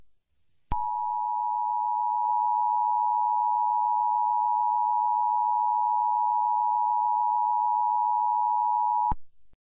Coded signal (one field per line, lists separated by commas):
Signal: Emergency Alert System (SAME) tones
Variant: 853 and 960 Hz attention tone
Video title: EAS Scenario: Radioactive Hurricane